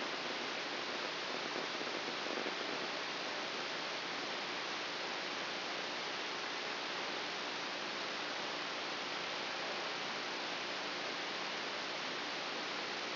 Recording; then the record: brain microelectrode recording played as sound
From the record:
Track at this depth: inside the subthalamic nucleus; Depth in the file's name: 4.801 mm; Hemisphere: right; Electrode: 3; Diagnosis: Parkinson's disease